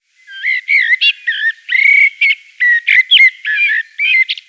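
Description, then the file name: Eurasian blackbird calls: a quick, irregular run of squeaky, nasal, slightly buzzy notes, some rising and falling, with no other sounds. Female. "merla"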